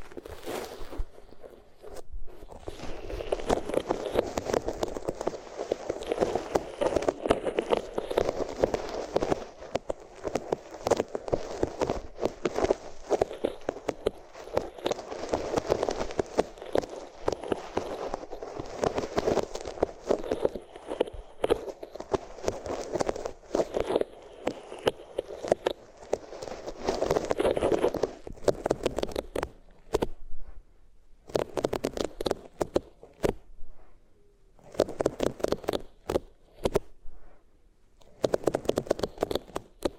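Rubbing against the ears makes a dense, rapid scratching and rustling, with the sound centered in the low-middle range and ringing up brightly. It runs almost continuously for about half a minute, then breaks into shorter bursts separated by quiet gaps near the end.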